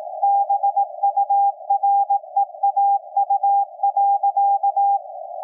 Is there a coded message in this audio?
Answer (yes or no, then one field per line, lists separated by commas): yes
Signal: Morse code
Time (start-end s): 0.2-5.0 s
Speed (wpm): 18 wpm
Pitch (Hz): 800 Hz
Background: none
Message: BUREAU.